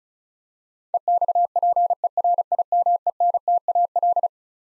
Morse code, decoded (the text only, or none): EXPERIMENTAL